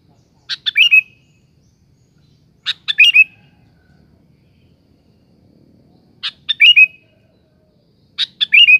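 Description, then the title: Sooty-headed bulbul song: short bubbly phrases of quick notes ending in a level whistled tail, repeated four times about every two to four seconds, with quiet low background hum. "Kutilang"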